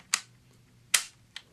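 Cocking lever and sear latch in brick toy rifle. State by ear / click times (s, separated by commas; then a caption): seated / 0.1 s, 0.9 s. With a rubber band stretched over the gear, the cocking lever of a plastic CaDA C81006W deTech Police Assault Rifle brick toy is pulled back, giving a sharp click at 0.1 s and a second, louder click at 1.0 s, followed by a fainter tick at 1.4 s. The cocking lever catches on the second click, and the sear latch is now firmly latched.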